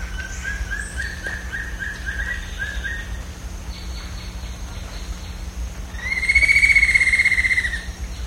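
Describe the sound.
Bird call: a run of short repeated notes for about three seconds, some fainter notes, then a loud, long drawn-out sound with rich overtones.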